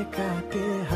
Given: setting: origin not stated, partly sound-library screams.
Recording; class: one-second piece from a danger detection set; normal situation